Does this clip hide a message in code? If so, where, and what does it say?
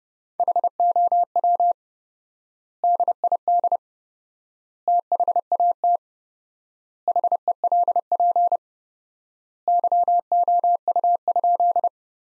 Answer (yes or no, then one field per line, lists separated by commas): yes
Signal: Morse code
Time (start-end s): 0.4-11.9 s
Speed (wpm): 30 wpm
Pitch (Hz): 700 Hz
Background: none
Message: HOW DID THAT HELP YOU?